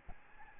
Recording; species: mosquito wingbeat signal from an infrared sensor; Aedes albopictus